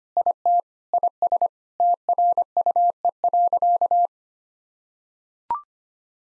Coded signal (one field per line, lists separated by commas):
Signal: Morse code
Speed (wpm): 25 wpm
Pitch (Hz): 700 Hz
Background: none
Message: IT IS TRUE.